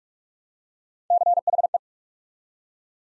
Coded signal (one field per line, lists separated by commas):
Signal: Morse code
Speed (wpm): 44 wpm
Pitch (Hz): 700 Hz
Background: none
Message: CHE